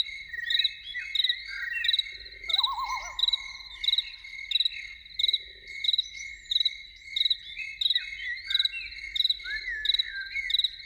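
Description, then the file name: Loon's brief quavering, rapidly wavering call lasting about a second, set against a steady, pulsing chorus of crickets. Evening. "Evening with Loons"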